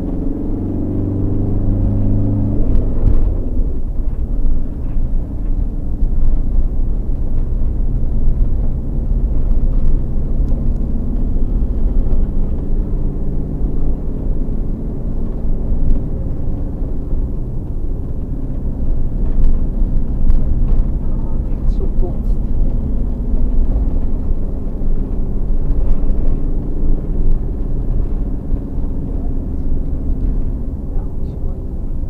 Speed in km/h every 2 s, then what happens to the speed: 35, 35, 31, 33, 33, 37, 37, 38, 38, 35, 33, 37, 38, 38, 37, 35.
14-32 steady at about 37.